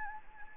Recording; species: mosquito wingbeat signal from an infrared sensor; Anopheles gambiae